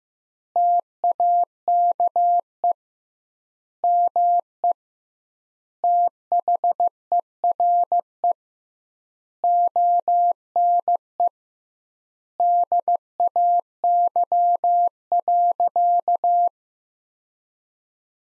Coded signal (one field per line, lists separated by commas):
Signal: Morse code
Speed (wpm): 15 wpm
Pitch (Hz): 700 Hz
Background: none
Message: TAKE ME THERE ONE DAY.